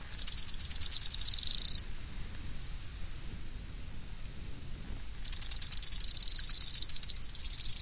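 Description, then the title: Bird song: two fast, high trilled phrases separated by a pause of a few seconds, each sliding gently downward. "LuckyPassaro Completos2Sama"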